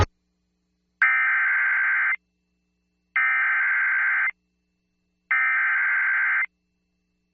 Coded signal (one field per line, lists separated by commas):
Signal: Emergency Alert System (SAME) tones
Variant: header bursts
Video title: EAS Severe Thunderstorm Warning on Froggy 103.7 FM for Union City, Tennessee (EAS #81) - 6-1-26